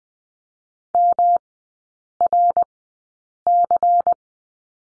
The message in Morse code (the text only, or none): MRC